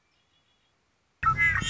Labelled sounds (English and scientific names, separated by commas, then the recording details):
Red-winged Blackbird (Agelaius phoeniceus)
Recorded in Sonoma County, California